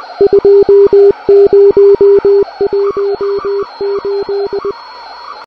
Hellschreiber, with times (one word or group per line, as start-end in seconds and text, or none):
none